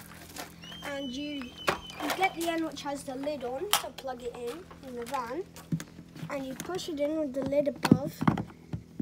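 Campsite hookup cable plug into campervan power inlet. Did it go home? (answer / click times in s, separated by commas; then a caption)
no / none. Someone talks while handling the electric hookup (EHU) cable for a campervan, holding the end with the lid to plug into the van's power inlet with the lid above. Soft handling knocks and brief taps sound under the voice, including sharper ticks near the end. Nothing has seated or clicked yet.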